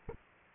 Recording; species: mosquito wingbeat signal from an infrared sensor; Aedes aegypti